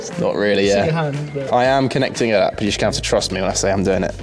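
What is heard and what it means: Someone talks while connecting an electrical connector behind the front grille of a VW Fox GTI, out of view, with music playing in the background. Nothing has seated or clicked yet; the clip ends just before the connector goes home.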